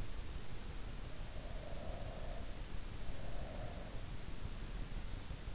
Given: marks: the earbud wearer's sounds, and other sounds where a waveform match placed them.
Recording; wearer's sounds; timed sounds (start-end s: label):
sounds in sleep by an in-ear microphone; breath
1.40-4.20 s: breath